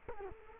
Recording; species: mosquito wingbeat signal from an infrared sensor; Culex quinquefasciatus